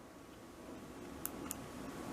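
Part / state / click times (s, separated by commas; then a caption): microSD memory card into action camera slot / seated / 1.2 s, 1.5 s. A microSD memory card is pushed into the card slot of an Explore One action camera using a pair of scissors as a thin tool. Against a low steady background, two short sharp clicks sound at 1.3 s and 1.5 s as the card seats in the slot.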